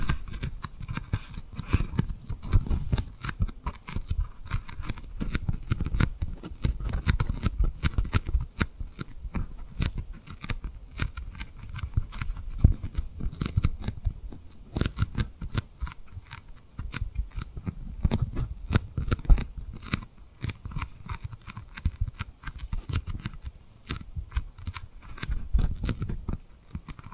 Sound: Tapping & Rubbing Rhinestone Lip Triggers